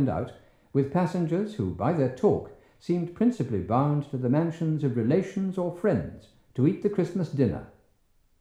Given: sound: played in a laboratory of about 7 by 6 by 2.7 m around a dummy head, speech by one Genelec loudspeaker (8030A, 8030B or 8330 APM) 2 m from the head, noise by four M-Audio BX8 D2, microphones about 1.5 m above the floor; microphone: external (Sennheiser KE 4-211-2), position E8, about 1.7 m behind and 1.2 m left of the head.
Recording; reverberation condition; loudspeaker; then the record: male speech in English; medium; 150 degrees to the left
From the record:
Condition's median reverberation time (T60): about 510 ms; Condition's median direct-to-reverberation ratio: about -0.5 dB